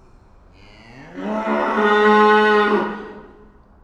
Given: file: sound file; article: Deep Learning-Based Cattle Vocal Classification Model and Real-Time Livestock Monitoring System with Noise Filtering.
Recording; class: cattle; estrus call